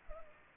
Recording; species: mosquito wingbeat signal from an infrared sensor; Culex pipiens